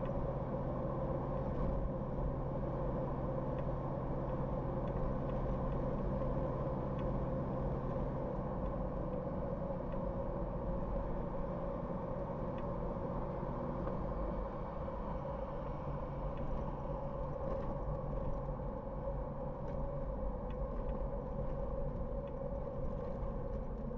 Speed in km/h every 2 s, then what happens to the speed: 69, 69, 69, 69, 68, 67, 63, 63, 61, 59, 56, 51.
0-8 steady at about 69. 8-24 slows to 51.